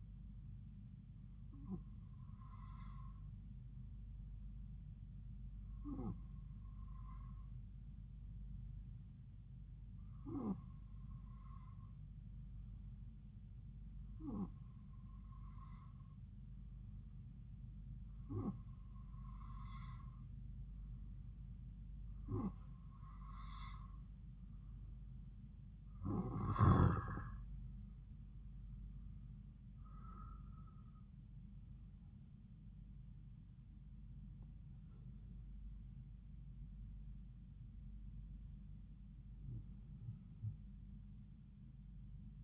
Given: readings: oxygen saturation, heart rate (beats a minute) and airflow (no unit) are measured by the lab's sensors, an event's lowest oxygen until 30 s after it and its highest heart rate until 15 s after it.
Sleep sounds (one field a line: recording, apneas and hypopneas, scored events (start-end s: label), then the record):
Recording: breathing in sleep by a smartphone at the bedside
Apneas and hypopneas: 1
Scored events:
3.00-32.10 s: hypopnea (N2, oxygen 94% highest, then 92% lowest)
From the record:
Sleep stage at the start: N2 (light sleep)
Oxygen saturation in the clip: 92 to 94%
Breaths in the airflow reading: 10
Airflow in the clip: -5.0 to 8.5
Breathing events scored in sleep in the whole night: 270 in 6.1 hours asleep